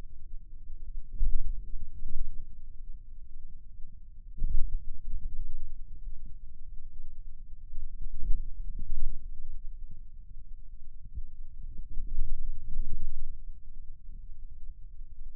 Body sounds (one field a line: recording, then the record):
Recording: forearm muscle sounds (acoustic myography)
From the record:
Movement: radial deviation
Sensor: system 2, bracelet of six BSWA MPA416 microphones around the upper forearm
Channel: 1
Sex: male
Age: 22 years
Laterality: right